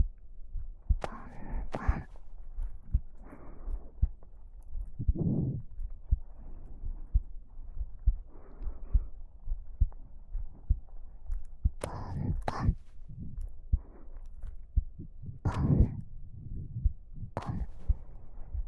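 Close-up adult heartbeat with soft patting sounds. Normal heartbeat.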